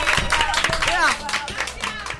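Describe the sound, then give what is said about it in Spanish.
A burst of applause during a radio programme by public school students of Buenos Aires on FM Riachuelo: many hands clapping in a dense, steady patter, with voices calling out and cheering over it throughout the short stretch. “¡Un aplauso!”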